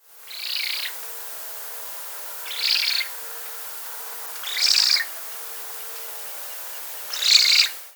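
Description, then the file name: Eurasian spoonbill giving four harsh, wheezy bursts two to two and a half seconds apart, each about half a second long, over a steady low hum. "Spatola"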